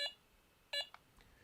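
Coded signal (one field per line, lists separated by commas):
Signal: beep code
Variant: Delkim bite alarm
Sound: two short buzzy electronic beeps about 0.7 s apart, then two soft clicks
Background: small room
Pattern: 2 short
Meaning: The button was held long enough and the LED brightness setting changes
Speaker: if i hold it down for two beeps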